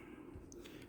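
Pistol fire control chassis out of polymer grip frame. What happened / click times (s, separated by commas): The internal part popped free of its frame / 0.5 s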